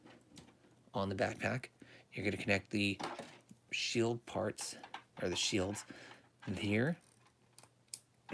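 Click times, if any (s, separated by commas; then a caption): 7.9 s. Someone talks while pushing a plastic shield part onto an action figure's backpack connector, with a faint, nearly silent snap at 7.9 s. The shield snaps on but does not feel fully secure.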